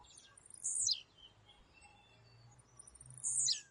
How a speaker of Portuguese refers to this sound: Outro pássaro pequenino e com um canto marcante da área rural é o tisil.